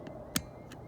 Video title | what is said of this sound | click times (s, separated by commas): How To Unlock TSA007 Easy Steps | you're gonna press it in you should hear it click OK | 0.4 s